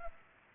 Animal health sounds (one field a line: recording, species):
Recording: mosquito wingbeat signal from an infrared sensor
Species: Culex pipiens